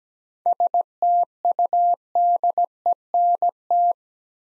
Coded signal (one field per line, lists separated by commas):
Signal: Morse code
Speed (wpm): 17 wpm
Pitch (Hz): 700 Hz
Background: none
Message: STUDENT